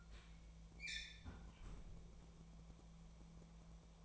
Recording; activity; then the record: daily activity, microphone in the room; close fridge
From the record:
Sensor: 1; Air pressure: 1000.0 hPa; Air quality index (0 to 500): 135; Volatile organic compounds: 2 ppm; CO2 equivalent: 1270 ppm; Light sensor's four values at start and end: 35/88/37/45 and 35/88/37/45